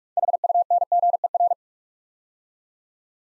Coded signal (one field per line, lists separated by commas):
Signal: Morse code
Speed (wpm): 48 wpm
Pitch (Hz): 700 Hz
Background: none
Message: HUNGER